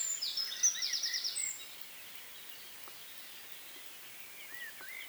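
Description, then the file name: Eurasian wren song: a short burst of fast, high trilled notes opens, then fades into quiet background with a few faint, slurred chirps. "Troglodytes troglodytes"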